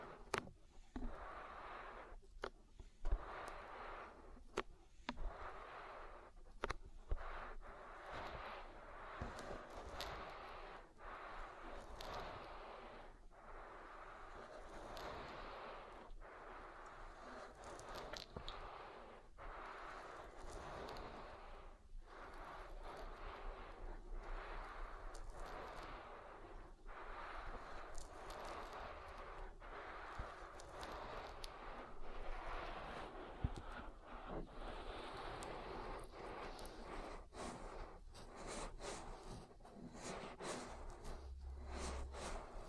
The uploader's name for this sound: ASMR Oil Ear Massage